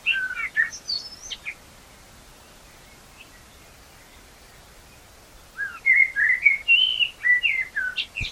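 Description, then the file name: Common blackbird song in two bursts separated by quiet: fluty warbled notes with high squeaky additions, the second phrase longer and richer. "Turdus merula"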